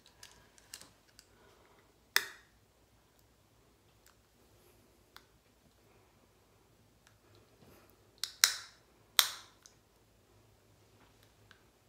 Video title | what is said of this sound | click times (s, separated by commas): Smile Direct Club, Month Three, Weeks Three and Four | it's in place it didn't click in around in here but I think it slid down on pretty nights which | 2.2 s, 8.2 s, 8.4 s, 9.2 s